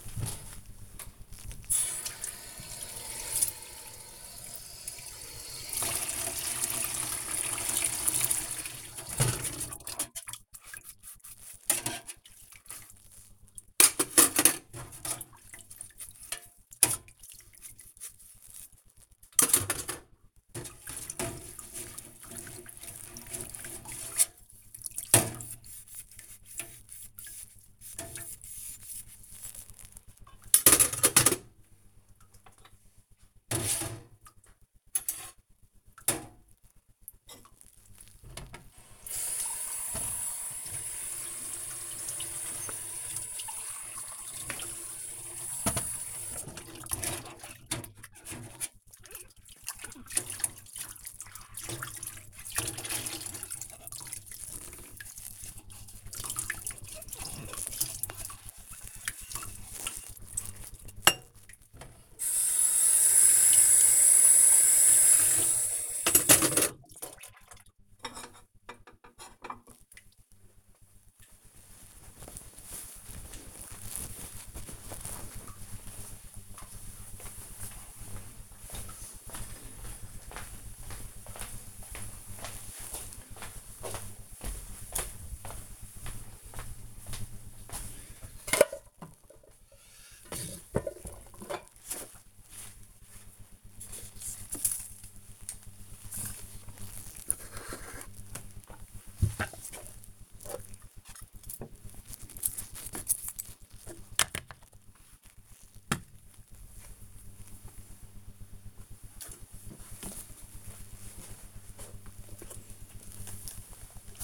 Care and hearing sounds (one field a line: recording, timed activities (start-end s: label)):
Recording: household activities, microphone on the right wrist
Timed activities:
0.51-70.06 s: washing dishes
110.40-114.24 s: window cleaning